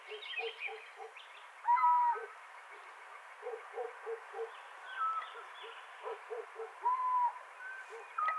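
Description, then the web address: Little owl calls, clear tonal notes with a slight upward then downward bend, given several times at uneven intervals over a steady run of soft, low, pulsing notes. "athene noctua call"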